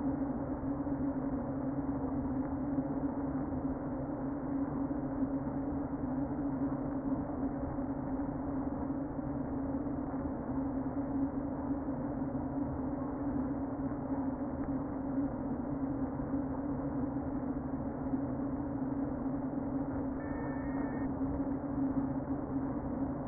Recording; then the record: honeybee colony, microphone inside the hive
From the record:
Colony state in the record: queen present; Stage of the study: before two queens were removed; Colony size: about 60,000 bees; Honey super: yes